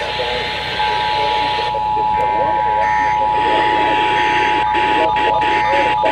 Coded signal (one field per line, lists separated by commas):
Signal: Emergency Alert System (SAME) tones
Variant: 853 and 960 Hz attention tone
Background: speech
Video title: 2x flws on 9 stations (8/15/22) EAS 1535-1553